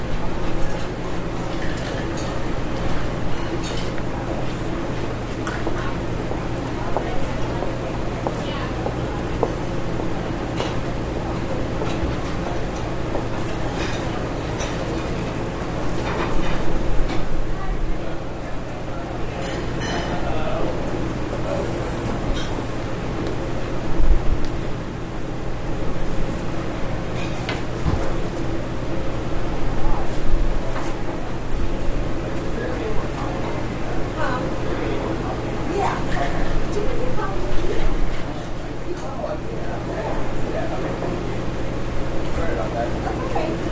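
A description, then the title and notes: A dining hall at Sunday brunch fills with steady crowd chatter over a low machinery hum, with scattered clinks and brief louder voices throughout. Frank Dining Hall Brunch at Pomona. Frank Dining Hall, on the campus of Pomona College, at Sunday brunch around noon. Specifically, the recording site was the wall of the room in which the food is served that is located by the door to the meeting room near the pizza and dessert serving areas.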